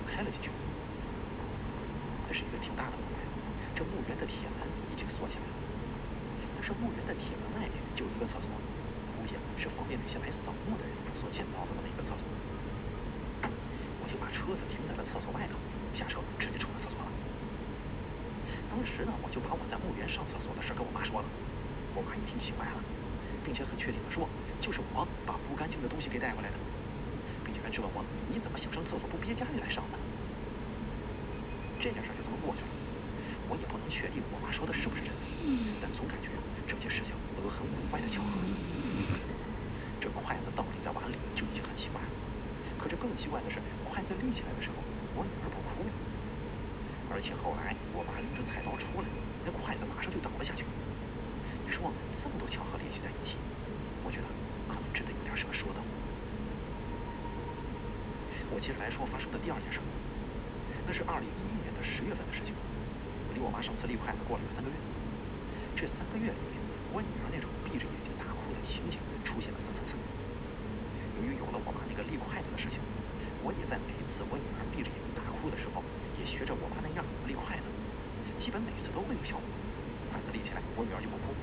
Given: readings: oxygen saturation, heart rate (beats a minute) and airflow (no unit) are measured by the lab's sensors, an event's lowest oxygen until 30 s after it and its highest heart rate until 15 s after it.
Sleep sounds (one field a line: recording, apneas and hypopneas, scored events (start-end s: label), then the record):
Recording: breathing in sleep by a voice recorder at the bedside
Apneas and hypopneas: 2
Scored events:
17.00-39.70 s: hypopnea (N2, oxygen 96% highest, then 91% lowest)
57.00-76.70 s: hypopnea (N2, oxygen 96% highest, then 93% lowest)
From the record:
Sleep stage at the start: N2 (light sleep)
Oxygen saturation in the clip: 91 to 96%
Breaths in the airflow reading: 24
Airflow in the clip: -3.9 to 3.8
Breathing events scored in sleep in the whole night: 335 in 6.7 hours asleep